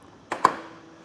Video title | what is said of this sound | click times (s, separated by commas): etrailer - How to Set Up Your Thule Motion 3 Rooftop Cargo Box on a 2022 Toyota Tacoma | if I keep pulling on it you hear some more clicks and we don't have that indicator anymore | 0.3 s, 0.4 s